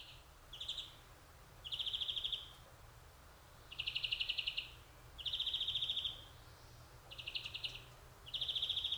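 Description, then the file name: European greenfinch repeating rapid trilled twitters, six bursts at roughly one to two second intervals. "Chloris chloris"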